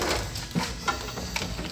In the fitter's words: Come on, man. I feel like that's not all the way in.